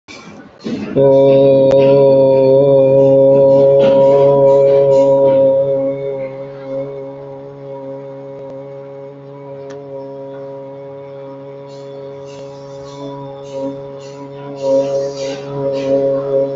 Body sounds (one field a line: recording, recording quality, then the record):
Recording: sustained vowel as in boot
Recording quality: excellent, no background noise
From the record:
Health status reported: healthy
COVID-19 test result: negative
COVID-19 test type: RT-PCR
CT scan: not taken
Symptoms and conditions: none ticked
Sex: male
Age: 23 years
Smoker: no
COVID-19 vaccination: one dose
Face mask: not worn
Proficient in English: yes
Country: India